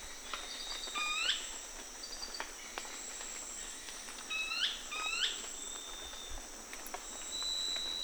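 Brownish twistwing giving three sharp, upslurred hooked call notes, the last two close together, against a constant thin insect drone.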